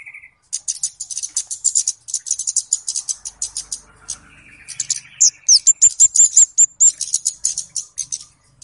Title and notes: Kicau Pancing Burung Kemade ( Cabe Cabean). Suara Burung Cabe Cabean Pikat